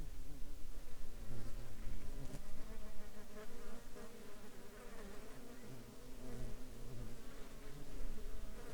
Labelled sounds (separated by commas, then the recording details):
insects
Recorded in the Arctic National Wildlife Refuge, Alaska, on 21 July 2021 at 09:22
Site 33